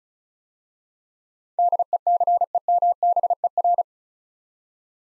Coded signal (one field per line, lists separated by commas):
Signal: Morse code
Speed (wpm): 36 wpm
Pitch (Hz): 700 Hz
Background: none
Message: DECEMBER